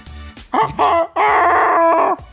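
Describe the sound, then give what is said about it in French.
A rooster crows loudly on its own: two short, strained syllables followed by one long, sustained, harsh note that holds steady before cutting off. “Oh le coq, il est en vue. Oh le pauvre coq.”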